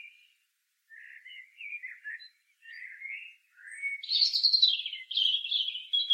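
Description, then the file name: European robin singing a rambling phrase: soft, lower warbled notes building into a louder, high, tinkling and trilling run at the end. "Erithacus rubecula"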